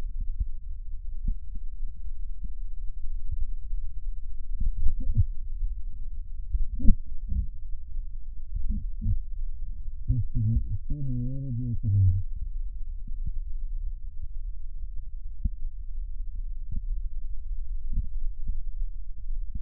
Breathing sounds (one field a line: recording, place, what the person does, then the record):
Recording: lung sounds by stethoscope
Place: left posterior basal chest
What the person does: quiet breathing, then cough and speech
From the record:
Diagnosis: COPD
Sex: male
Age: 85 years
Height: 183 cm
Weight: 88 kg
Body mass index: 26.3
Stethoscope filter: bell mode